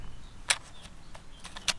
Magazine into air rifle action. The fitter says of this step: there we are it is a little bit fiddly but you push that in and then it snaps into place